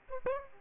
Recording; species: mosquito wingbeat signal from an infrared sensor; Aedes aegypti